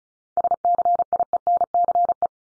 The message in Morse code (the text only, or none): SCIENCE